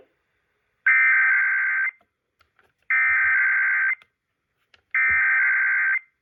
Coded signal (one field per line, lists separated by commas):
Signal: Emergency Alert System (SAME) tones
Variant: header bursts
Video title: [EAS #2625-#2628] Weekend Required Weekly Tests